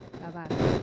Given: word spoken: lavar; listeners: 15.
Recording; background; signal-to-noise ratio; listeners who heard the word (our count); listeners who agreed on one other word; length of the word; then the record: one Spanish word in noise, from a listening test; noise modulated by one talker; -9.0 dB; 3 of 15; 11 of 15; 0.43 s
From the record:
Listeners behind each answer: 11, 3, 1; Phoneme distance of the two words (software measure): 10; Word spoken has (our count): 2 syllables, 5 phonemes, stress on syllable 2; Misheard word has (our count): 2 syllables, 5 phonemes, stress on syllable 2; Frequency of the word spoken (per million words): 11.24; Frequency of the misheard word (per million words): 1.55